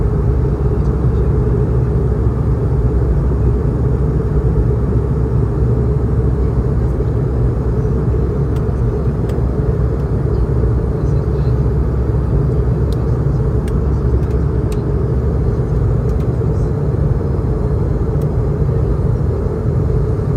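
A steady, heavy engine roar inside an aircraft cabin, dense and low, with a constant hum that barely changes over the whole stretch. Faint brief clicks and ticks surface now and then, mostly in the second half.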